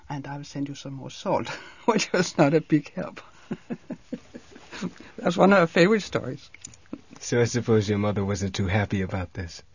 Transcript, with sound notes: And I will send you some more salt, which was not a big help. (laughing) That's one of her favorite stories.
So I suppose your mother wasn't too happy about this.